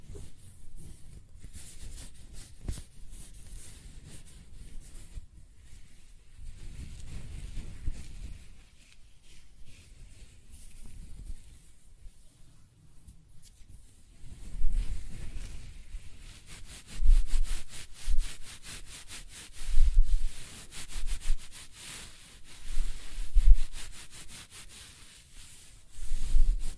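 Close-up hair sounds: soft scratching and brushing strokes over a quiet hiss. The first half stays gentle and low with faint rustles, then from about 14 seconds stronger strokes swell and fade in a regular rhythm, each with dense crackling bristle detail.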